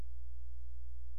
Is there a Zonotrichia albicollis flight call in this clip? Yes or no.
no